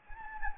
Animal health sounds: mosquito wingbeat signal from an infrared sensor; Anopheles gambiae

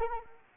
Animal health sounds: mosquito wingbeat signal from an infrared sensor; Anopheles arabiensis

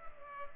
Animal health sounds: mosquito wingbeat signal from an infrared sensor; Culex pipiens

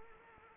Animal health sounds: mosquito wingbeat signal from an infrared sensor; Anopheles arabiensis

